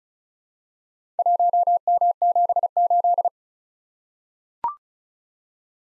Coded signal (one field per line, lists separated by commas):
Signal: Morse code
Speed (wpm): 36 wpm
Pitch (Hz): 700 Hz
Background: none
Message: 1M78